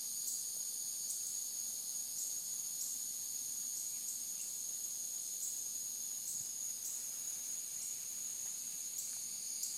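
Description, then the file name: Cicada: a continuous high shrill buzz that holds steady throughout, with slight rhythmic pulsing. Recorded 26 August 2013 at 8:07 PM, in the evening. "Cicada Insects 8 26 13 8 07 PM"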